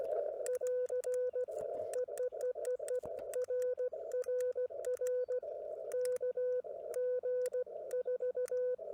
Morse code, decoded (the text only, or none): <AR> EEEEE RRR K G4